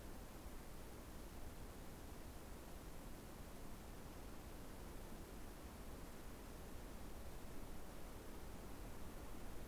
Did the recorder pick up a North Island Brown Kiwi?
no